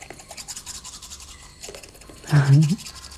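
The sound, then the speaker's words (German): Steady, scratchy strokes of a black toothbrush scrubbing teeth in a quick back-and-forth rhythm, with a short muffled hum of a voice rising over the brushing near the end. “Zähne putzen, Gespräche über den Tod.”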